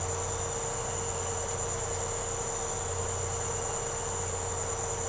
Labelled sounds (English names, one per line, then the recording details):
none
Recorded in secondary vegetation near Puerto Asís, Putumayo, Colombia, on 13 March 2025 at 06:00
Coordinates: 0.468, -76.324
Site G059